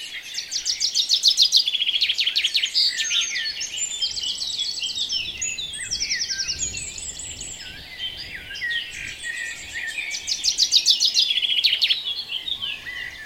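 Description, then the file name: Birds chorusing at dawn, overlapping high warbles and whistles, with loud fast trilled bursts at the start and near eleven seconds. "Reveil des oiseaux La Sonotheque"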